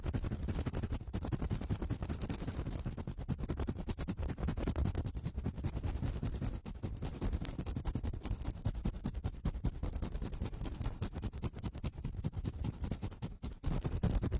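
Fast, vigorous ear cleaning: dense, continuous scratching and rubbing with rapid crackling strokes and deep muffled thumps, steady throughout, briefly pausing near seven seconds.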